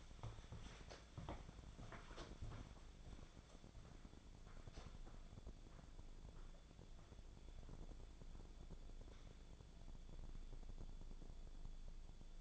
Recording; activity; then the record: daily activity, microphone in the room; walk to room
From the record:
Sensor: 5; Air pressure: 1000.1 hPa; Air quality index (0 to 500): 89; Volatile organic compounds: 1 ppm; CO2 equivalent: 728 ppm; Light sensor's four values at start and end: 374/914/387/436 and 372/926/388/434